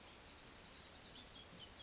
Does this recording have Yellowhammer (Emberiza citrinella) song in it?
no